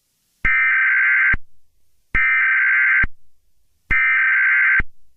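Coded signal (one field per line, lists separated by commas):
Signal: Emergency Alert System (SAME) tones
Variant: header bursts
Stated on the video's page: A fictional EAS scenario.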